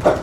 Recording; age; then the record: pig call; growing-finishing pig (85 days or more)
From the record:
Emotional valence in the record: positive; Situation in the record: run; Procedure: transit